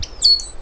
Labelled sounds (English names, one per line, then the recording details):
Stitchbird song
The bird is a male
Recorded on Tiritiri Matangi Island, New Zealand, in 2005
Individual 10, of nest box 12